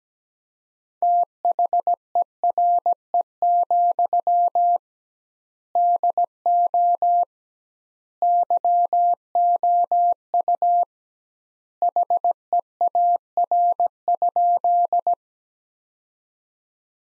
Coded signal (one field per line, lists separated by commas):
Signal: Morse code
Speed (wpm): 17 wpm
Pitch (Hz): 700 Hz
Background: none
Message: THERE, DO YOU HEAR?